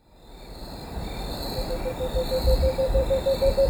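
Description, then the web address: Cinnamon screech owl song: a quick series of low, evenly spaced hoots, rising slightly in pitch and growing louder, over a steady insect-like background. Recorded in Ecuador. "Birds of Ecuador. Cinnamon Screech-Owl"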